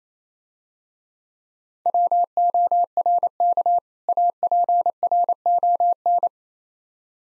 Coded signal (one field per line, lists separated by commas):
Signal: Morse code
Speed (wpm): 28 wpm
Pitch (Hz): 700 Hz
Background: none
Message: WORK APRON